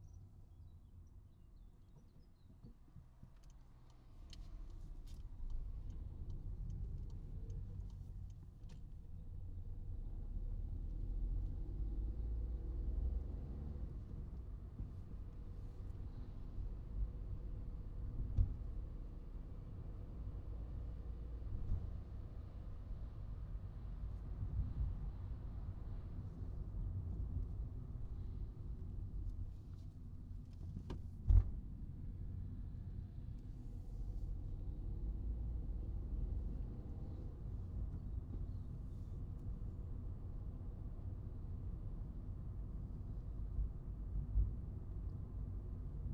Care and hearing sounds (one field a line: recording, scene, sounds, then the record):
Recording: everyday scene through a hearing-aid microphone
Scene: in a vehicle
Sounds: engine, highway driving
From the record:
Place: Skoda Fabia, gasoline engine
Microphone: in the ear canal, right